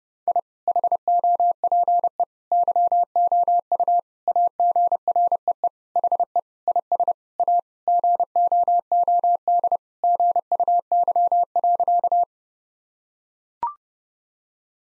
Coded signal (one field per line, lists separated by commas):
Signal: Morse code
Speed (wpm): 30 wpm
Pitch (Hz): 700 Hz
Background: none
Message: I HOPE YOU AGREE HE IS A GOOD GUY.